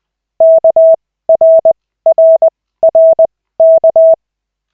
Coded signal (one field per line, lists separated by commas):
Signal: Morse code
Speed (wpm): 20 wpm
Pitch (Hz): 650 Hz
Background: none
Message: KRRRK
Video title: Koch 3/40, 15.12.2024, 1st CW practice session